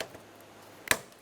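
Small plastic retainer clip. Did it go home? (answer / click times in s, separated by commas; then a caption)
yes / 0.9 s. On a 2012–2018 Nissan Altima, the lower door release cable with a ball end is slid into place in the interior door handle, and its plastic retainer is swung over and latched. After a faint tick at the start, a single sharp, bright click at 0.9 s marks the retainer latching in, and the cable is seated and secure.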